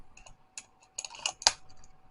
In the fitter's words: It does snap in place very decently.